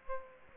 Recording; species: mosquito wingbeat signal from an infrared sensor; Aedes aegypti